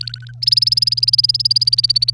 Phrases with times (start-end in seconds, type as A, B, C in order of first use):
0.01-0.32 A, 0.42-2.10 B